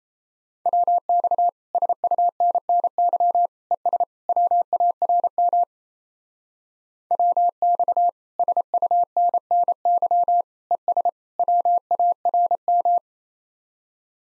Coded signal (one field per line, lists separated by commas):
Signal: Morse code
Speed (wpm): 37 wpm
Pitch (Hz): 700 Hz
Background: none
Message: WX SUNNY ES WARM WX SUNNY ES WARM